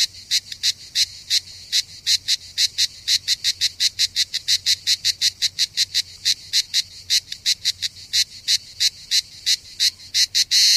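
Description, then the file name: Cicada producing a long run of sharp rasping pulses, several each second, fairly regular and loud. Recorded 3 September 2009, around 07:33 in the morning. "Cigales"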